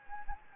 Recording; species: mosquito wingbeat signal from an infrared sensor; Anopheles gambiae